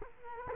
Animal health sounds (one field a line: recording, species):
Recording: mosquito wingbeat signal from an infrared sensor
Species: Culex quinquefasciatus